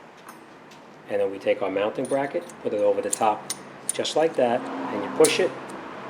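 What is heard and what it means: A greased stainless brake pad abutment clip is placed over the caliper mounting bracket of a 2003 Buick Park Ave and pushed toward place while someone talks. Light metallic clinks and jangles sound through the handling, with a small tap near 0.3 s. Nothing has seated or clicked yet.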